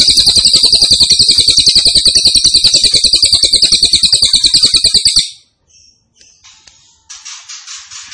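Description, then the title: Grey-cheeked tit-babbler song: a loud, high pulsing buzz lasting about five seconds, followed by faint chirps and a softer burst of notes. Cililin described as gacor, singing persistently, with a strong voice (suara mantap). "Cililin AMPUH. Cililin Gacor Suara Mantap"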